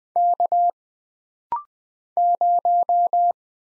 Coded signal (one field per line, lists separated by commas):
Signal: Morse code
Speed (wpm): 20 wpm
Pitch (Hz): 700 Hz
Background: none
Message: K 0